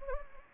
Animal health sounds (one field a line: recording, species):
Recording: mosquito wingbeat signal from an infrared sensor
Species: Anopheles gambiae